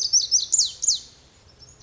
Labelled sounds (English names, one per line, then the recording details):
Lazuli Bunting
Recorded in Sonoma County, California